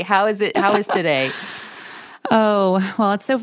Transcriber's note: laughing